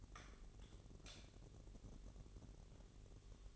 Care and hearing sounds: daily activity, microphone in the room; light off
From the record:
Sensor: 4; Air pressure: 1012.8 hPa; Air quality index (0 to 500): 246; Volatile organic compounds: 4 ppm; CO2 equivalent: 1676 ppm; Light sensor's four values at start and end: 17/44/17/19 and 15/34/14/14

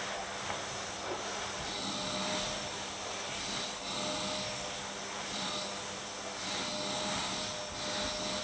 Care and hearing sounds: daily activity, microphone in the room; vacuum cleaning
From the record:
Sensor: 3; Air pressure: 1000.1 hPa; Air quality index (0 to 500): 136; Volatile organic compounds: 2 ppm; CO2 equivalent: 1210 ppm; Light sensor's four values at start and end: 40/101/43/47 and 39/100/42/46

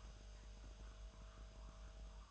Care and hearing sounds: daily activity, microphone in the room; make coffee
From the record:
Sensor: 2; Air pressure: 1009.3 hPa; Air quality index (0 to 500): 187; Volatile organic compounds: 11 ppm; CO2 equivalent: 2322 ppm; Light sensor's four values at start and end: 23/58/25/27 and 23/58/25/27

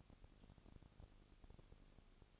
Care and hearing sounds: daily activity, microphone in the room; no activity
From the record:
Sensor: 4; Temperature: 22.3 degrees Celsius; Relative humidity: 32.7%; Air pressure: 1001.9 hPa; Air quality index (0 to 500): 186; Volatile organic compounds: 4 ppm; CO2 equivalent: 1639 ppm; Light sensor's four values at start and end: 2/3/1/1 and 2/3/1/1

